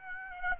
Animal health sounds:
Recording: mosquito wingbeat signal from an infrared sensor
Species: Aedes aegypti

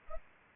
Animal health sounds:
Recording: mosquito wingbeat signal from an infrared sensor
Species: Anopheles arabiensis

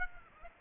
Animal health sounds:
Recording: mosquito wingbeat signal from an infrared sensor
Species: Aedes aegypti

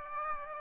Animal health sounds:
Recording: mosquito wingbeat signal from an infrared sensor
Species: Aedes aegypti

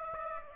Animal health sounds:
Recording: mosquito wingbeat signal from an infrared sensor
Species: Aedes aegypti

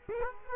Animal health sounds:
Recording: mosquito wingbeat signal from an infrared sensor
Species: Culex quinquefasciatus

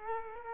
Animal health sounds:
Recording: mosquito wingbeat signal from an infrared sensor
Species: Culex quinquefasciatus

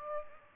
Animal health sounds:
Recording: mosquito wingbeat signal from an infrared sensor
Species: Aedes aegypti

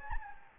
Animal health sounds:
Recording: mosquito wingbeat signal from an infrared sensor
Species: Anopheles gambiae

